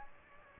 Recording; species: mosquito wingbeat signal from an infrared sensor; Aedes aegypti